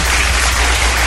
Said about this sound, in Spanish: ¿Dónde están mis aplausos? Aquí están.